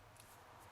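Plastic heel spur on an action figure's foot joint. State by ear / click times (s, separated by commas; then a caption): seated / 0.2 s. The plastic heel spur on the foot joint of a Transformers Dark of the Moon Human Alliance Leadfoot action figure is pulled all the way down. A single soft click at 0.2 s over a low, steady background shows the spur seating in position.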